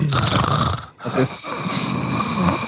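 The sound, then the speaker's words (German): Loud, rasping heavy breathing blown straight into a microphone: one long noisy breath, a brief pause, then another drawn-out, slightly grunting breath. No one speaks. “Was ist denn das eigentlich für ein schweres Atmen?”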